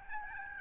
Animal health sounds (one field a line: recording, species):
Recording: mosquito wingbeat signal from an infrared sensor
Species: Aedes albopictus